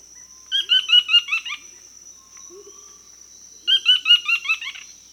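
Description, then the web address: Buff-throated foliage-gleaner call: two short bursts of harsh, descending stuttered notes about three seconds apart, over a steady high tone. Recorded in Peru. "Natures Songs S America Birds of the Amazon 2. Buff-throated Foliage-gleaner (Automolus ochrolaemus), Peru"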